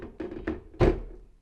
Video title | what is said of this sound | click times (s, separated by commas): Creating A Drop Zone (AKA Housing Your Everyday Must-Haves) | So it'll snap right in. | 0.5 s